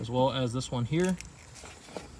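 Someone talks while handling the plastic cabin air filter cover of a 2018-2024 Maserati Ghibli, pressing its retaining clip toward the housing. After the talking, only quiet handling noise is heard, with one brief faint tap near 2.0 s. Nothing has seated or clicked yet.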